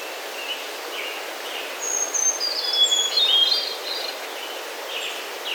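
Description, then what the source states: Hermit Thrush song phrase of clear, fluty whistled notes, amid faint background chirps. Singing in the shade of mature conifers high in the Sierra Nevada of Central California, recorded while hiking.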